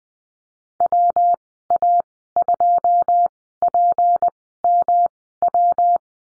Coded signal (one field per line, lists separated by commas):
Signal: Morse code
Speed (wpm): 20 wpm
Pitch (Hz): 700 Hz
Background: none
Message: WA2PMW